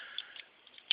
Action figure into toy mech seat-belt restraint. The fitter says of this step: um that doesn't have a backpack hole in it it can still snap into place